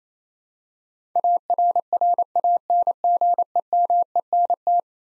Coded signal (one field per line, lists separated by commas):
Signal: Morse code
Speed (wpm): 27 wpm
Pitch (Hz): 700 Hz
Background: none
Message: ARRANGEMENT